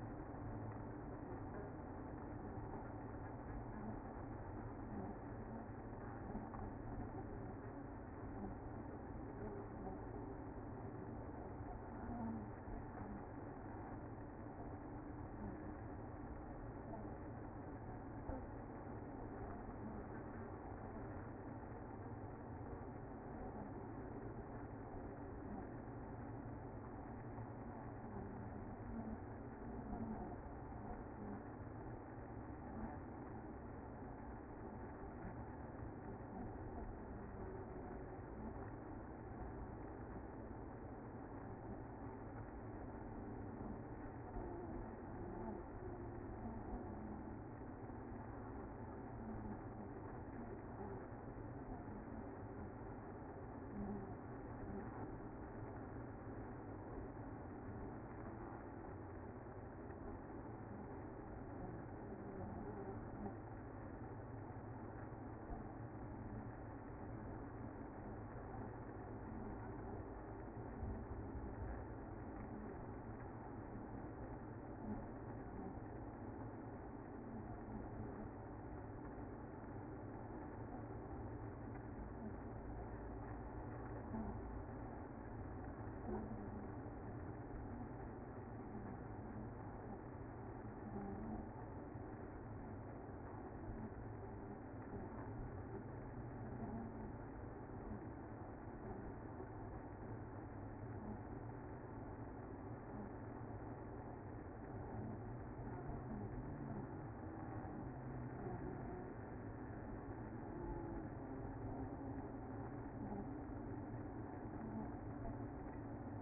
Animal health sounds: honeybee colony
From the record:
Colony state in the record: active

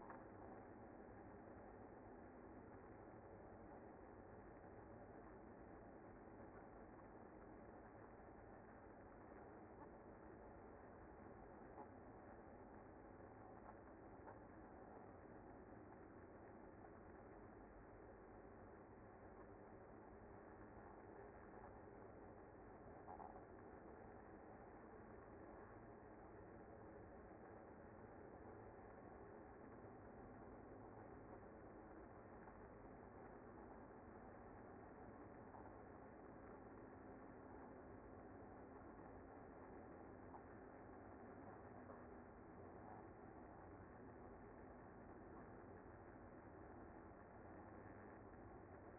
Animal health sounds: honeybee colony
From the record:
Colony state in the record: active

